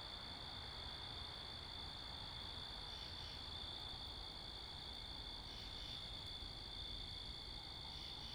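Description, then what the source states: Crickets keep up an even, shrill trill throughout, with a few short louder bursts, beneath which wind and traffic hum low. Crickets recorded in Wakefield, Rhode Island, 10 October 2021 at 11:35pm, facing northeast, with two Rode NTG-3 shotgun mics on a Sound Devices MixPre 10ii; cars and wind present.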